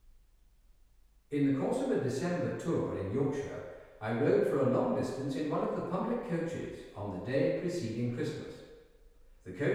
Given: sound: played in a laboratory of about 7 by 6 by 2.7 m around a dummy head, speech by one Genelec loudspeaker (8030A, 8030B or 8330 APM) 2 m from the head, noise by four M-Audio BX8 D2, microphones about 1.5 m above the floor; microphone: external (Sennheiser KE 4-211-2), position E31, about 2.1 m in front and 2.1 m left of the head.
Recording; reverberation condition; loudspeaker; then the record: male speech in English; high; behind (180 degrees)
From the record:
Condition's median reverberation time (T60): about 1300 ms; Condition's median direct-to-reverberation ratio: about -4.0 dB